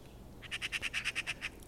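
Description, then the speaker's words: Eurasian magpie chattering: a harsh, dry rattle of about nine rapid notes, steady in pitch. Magpie's 'laugh' chatter, a familiar nature sound also heard in cities; basically a warning sound, given when tense, frightened, frustrated or curious, or when sorting out a strange situation. "Harakan nauru on yksi tutuimpia luontoääniä."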